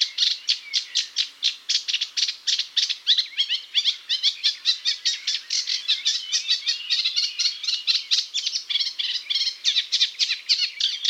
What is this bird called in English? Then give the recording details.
Eurasian Reed Warbler. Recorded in the wild. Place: Waltershofen / Freiburg im Breisgau, Baden-Württemberg, DE. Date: 1999-06-20. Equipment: MiniDisc Sony MZ-R35, Telinga DAT, Telinga-Parabolspiegel. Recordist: Schwarz, Dieter. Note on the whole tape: Song